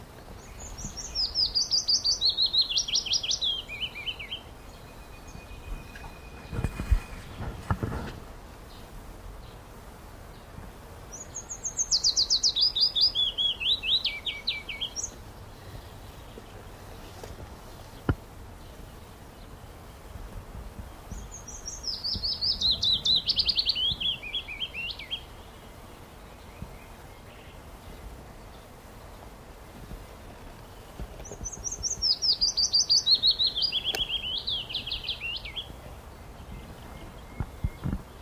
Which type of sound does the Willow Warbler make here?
song